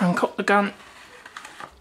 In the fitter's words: It takes an awful lot of force to go all the way back, and it doesn't lock in, so the spring is too long.